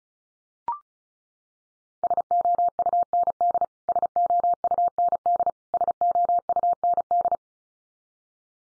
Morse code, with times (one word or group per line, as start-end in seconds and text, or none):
2.0-3.6 SOUND
3.9-5.5 SOUND
5.7-7.4 SOUND